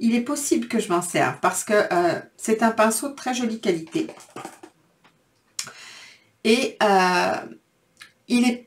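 Someone talks while handling a double-ended makeup brush, and one part of the brush clips onto the other half with a sharp tick at 5.6 s. The two halves are seated together, and the talking continues afterward.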